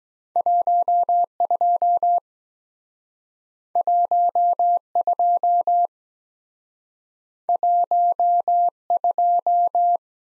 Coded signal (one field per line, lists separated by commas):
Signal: Morse code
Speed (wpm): 23 wpm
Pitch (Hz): 700 Hz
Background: none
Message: 12 12 12